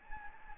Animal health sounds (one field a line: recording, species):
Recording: mosquito wingbeat signal from an infrared sensor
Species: Anopheles gambiae